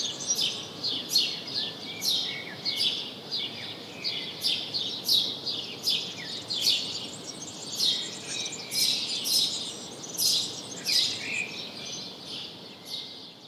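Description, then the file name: House sparrow chirps, bright and emphatic, given in a fast stream of many calls. "Passer domesticus"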